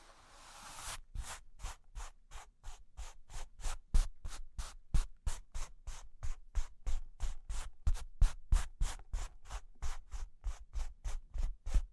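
Wood and cork scratched in quick, regular strokes, about three per second, each a dry bright rasp, after a brief opening hiss.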